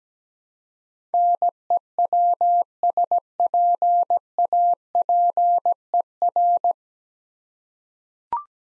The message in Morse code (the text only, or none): NEWSPAPER